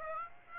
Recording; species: mosquito wingbeat signal from an infrared sensor; Aedes aegypti